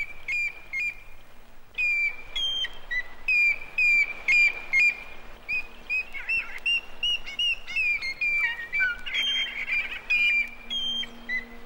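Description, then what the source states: Superb Starling song, varied whistled and chattering notes, with another bird's repeated whistles and a steady low hum underneath. Heard in bush and scrubland in the heat of the day; glossy green back and orange breast; a grey hornbill heard at the same time.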